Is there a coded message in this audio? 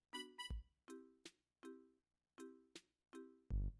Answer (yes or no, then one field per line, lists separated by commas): no